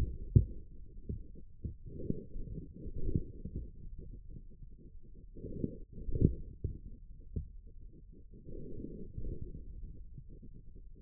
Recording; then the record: forearm muscle sounds (acoustic myography)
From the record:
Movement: forearm pronation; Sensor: system 1, eight BSWA MPA416 microphones around the upper forearm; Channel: 7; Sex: male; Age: 41 years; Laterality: right